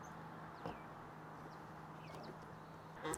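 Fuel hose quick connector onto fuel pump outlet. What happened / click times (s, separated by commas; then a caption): The hose quick connector snapped home / 3.1 s. A fuel hose quick-connect fitting is pushed onto the fuel pump outlet of a 20L Nomad tank on a Honda CRF450L over steady background noise, with a few faint chirps. A single sharp click at 3.1 s marks the connector snapping home, fully seated.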